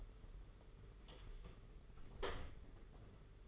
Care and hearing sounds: daily activity, microphone in the room; close door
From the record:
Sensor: 4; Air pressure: 992.4 hPa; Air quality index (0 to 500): 114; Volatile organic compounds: 22 ppm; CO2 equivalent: 2743 ppm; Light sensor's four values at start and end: 20/71/26/27 and 20/72/26/27

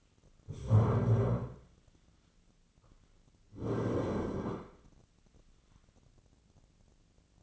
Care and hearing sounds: daily activity, microphone in the room; stand up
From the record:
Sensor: 4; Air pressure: 1010.0 hPa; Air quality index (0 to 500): 196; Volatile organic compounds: 3 ppm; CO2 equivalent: 1410 ppm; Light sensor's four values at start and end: 36/89/37/39 and 36/87/36/39

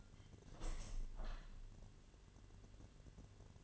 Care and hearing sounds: daily activity, microphone in the room; open window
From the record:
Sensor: 4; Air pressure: 1007.3 hPa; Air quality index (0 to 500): 200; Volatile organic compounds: 7 ppm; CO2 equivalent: 1990 ppm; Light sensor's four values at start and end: 23/73/28/27 and 23/73/28/27

